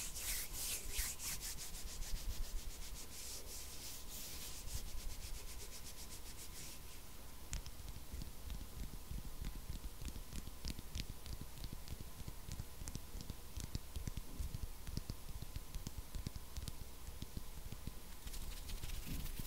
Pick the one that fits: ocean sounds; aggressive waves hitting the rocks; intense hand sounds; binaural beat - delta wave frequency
intense hand sounds